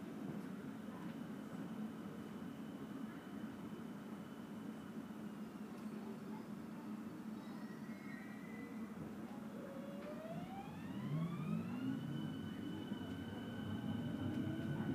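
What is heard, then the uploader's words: An S-Bahn train rolls along with a steady low rumble and a dense churning texture underneath. Faint tones hold in the background, and past the tenth second a rising whine climbs and settles as the train picks up speed, growing slightly louder. Relaxing Circuit on Berlin's Ringbahn. Authentic audio recording of this unique S-Bahn trip.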